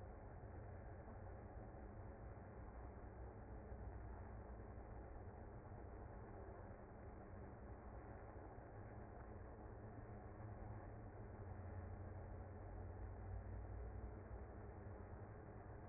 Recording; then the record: honeybee colony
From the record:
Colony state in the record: active